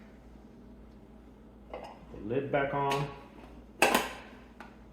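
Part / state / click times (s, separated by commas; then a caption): lid onto cold brew basket / seated / 3.8 s. A plastic lid is pressed back onto the brew basket of a Dash Rapid Cold Brew coffee maker while someone talks, with a small tap at 1.7 s. The lid snaps shut with a sharp click at 3.8 s and is seated, followed by a faint tap near 4.6 s.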